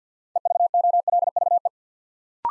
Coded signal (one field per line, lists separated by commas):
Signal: Morse code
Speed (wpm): 50 wpm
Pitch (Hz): 700 Hz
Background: none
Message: EVOLVE